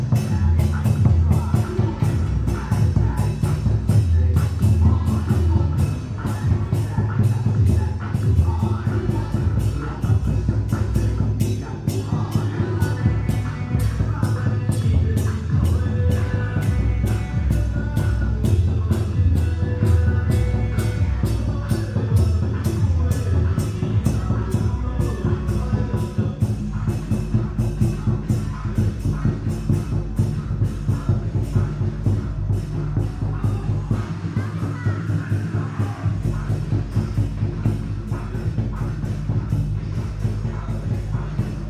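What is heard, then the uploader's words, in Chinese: Live sound of a temple pilgrimage procession returning through a Taipei street, with dense, steady drum and cymbal beats and deep sustained tones throughout. 北安府癸卯年謁祖晉香回鑾–聲音現場。台北市樹德公園–大龍街87巷巷口與巷內。上午。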